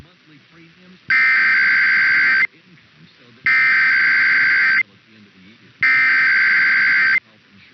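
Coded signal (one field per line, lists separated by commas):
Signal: Emergency Alert System (SAME) tones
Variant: header bursts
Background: speech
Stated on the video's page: Real Required Weekly Test captures from two broadcast stations.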